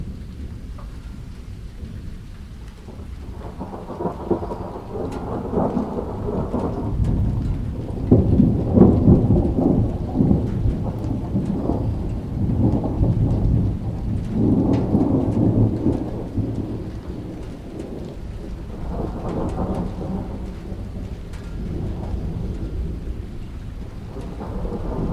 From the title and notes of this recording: The distant thunder and gentle rain weave a symphony. Recorded by Simon Serc & Martina Testen.